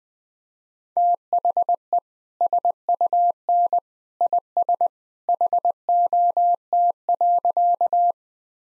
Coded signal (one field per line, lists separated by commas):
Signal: Morse code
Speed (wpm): 20 wpm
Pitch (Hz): 700 Hz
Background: none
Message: THE SUN IS HOT.